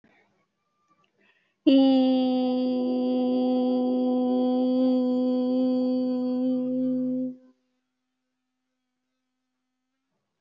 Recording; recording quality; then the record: sustained vowel as in beet; excellent, no background noise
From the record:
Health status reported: healthy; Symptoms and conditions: none ticked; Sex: female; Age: 23 years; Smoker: not ticked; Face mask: not worn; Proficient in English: yes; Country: India